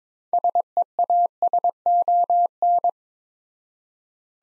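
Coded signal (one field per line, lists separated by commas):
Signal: Morse code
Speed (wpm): 21 wpm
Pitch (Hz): 700 Hz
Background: none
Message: SEASON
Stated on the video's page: Morse practice set of five-word groups at 22 wpm with 4x word spacing, a Farnsworth-like method using words, for head-copy training.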